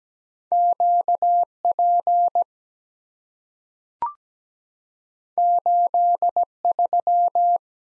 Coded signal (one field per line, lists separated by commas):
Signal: Morse code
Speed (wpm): 17 wpm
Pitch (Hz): 700 Hz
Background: none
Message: QP 83